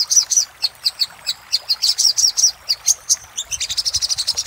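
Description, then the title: Little spiderhunter song: sharp high chips repeated unevenly, ending in a faster, steady run of ringing notes. Master recording used for training cage birds; 'Labaik' type of little spiderhunter song. "Masteran Burung Sogok Ontong Labaik"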